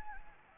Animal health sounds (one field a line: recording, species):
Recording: mosquito wingbeat signal from an infrared sensor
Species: Anopheles gambiae